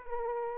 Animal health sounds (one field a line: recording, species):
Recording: mosquito wingbeat signal from an infrared sensor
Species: Aedes aegypti